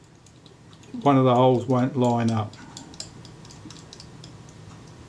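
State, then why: Not seated. Small screws are positioned in the holes of a metal body part of a Kodak Retina IIIc camera. Someone talks briefly while faint ticks and light metallic taps of handling sound before and after. The screws are all lined up in position ready for tightening, and nothing has seated or clicked yet.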